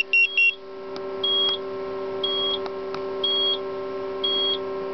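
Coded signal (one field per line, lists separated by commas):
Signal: pager alert tone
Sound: two quick high beeps, then four evenly spaced higher beeps about once per second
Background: low electrical hum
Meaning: The pager is signalling that a new message has arrived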